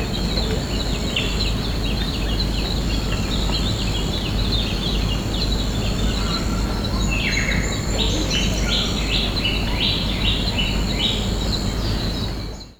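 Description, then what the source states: Birds calling over steady hiss: scattered chirps at first, then a quick run of short, downward-slurred chirping notes later, with a constant high tone throughout. Tropical rainforest at Cape Kimberley, Daintree Rainforest, Australia.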